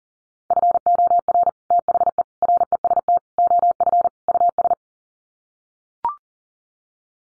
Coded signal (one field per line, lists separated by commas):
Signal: Morse code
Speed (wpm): 40 wpm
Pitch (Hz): 700 Hz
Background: none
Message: FOR THE REST OF US